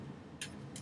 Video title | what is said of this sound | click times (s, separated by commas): The $10 PC - Let's Take a Look! | I heard it click. Both the tabs have clicked in. | 0.4 s